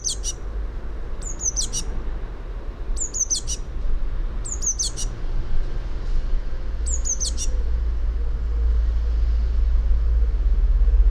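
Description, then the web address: Eurasian blue tit singing high, thin phrases: a sharp descending note then a quick trill, repeated several times over a steady low rumble. "fugl b-mejse"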